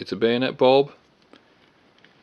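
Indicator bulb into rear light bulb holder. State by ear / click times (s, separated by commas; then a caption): not seated / none. Someone talks briefly while handling a bayonet-type rear indicator bulb for a VW Golf, which goes into its rear light bulb holder by being pushed in and turned clockwise to lock. After the talking, only a few faint, short ticks of handling are heard. Nothing has seated or clicked yet; the bulb is not locked into the holder.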